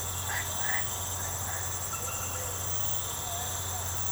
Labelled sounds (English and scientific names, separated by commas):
none